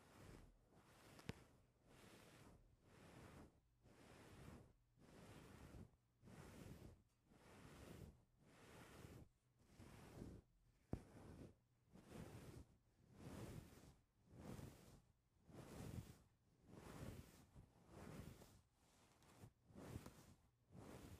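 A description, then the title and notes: A microphone is touched and rubbed in a steady rhythm, roughly one rushing, scraping stroke per second for the whole stretch. Each stroke swells and fades like surf, with a low rumble between them and a couple of sharp clicks near 1 and 11 seconds. Mic touching.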